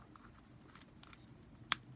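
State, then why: Seated. The third leg mechanism of a plastic 6-inch Black Series Red Squadron astromech droid action figure (Amazon exclusive) is turned back, with faint scraping ticks through the first second and a half. A single sharp, bright click at 1.7 s marks the leg locking into place in the body.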